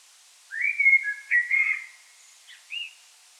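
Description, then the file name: Common blackbird singing one mellow fluted phrase that wavers near one pitch, then two brief higher notes after a pause. "Turdus merula"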